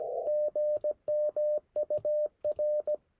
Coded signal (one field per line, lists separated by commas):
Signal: Morse code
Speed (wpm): 16 wpm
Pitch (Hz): 600 Hz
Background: none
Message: GM UR